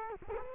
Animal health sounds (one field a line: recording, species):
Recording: mosquito wingbeat signal from an infrared sensor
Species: Culex quinquefasciatus